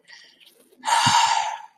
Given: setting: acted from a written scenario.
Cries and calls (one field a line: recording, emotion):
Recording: vocal sound without words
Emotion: contentment